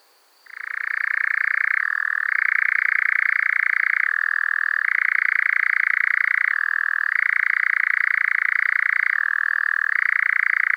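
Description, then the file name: European nightjar churr that starts after a short silence, then runs as a steady dry reeling trill, dropping briefly to a lower pitch about every two and a half seconds. "ENGOULEVENT"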